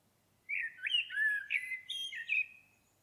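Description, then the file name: Common blackbird song, a continuous mellow fluting phrase of rising and falling whistles with faint high overtones, lasting about two seconds. "Turdus merula"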